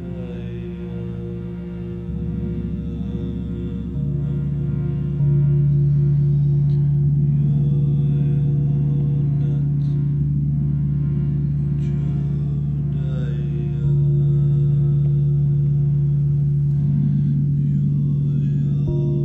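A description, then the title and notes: Low, sustained bowl and gong-like tones hum steadily, with a strong drone near the bottom that swells and shifts pitch at about 2, 5 and 14 seconds. Faint higher ringing and brief bright touches drift above, and the level stays full and even throughout. Sound Bath with Moses Love at Tropical Yoga in Miami Beach, Florida.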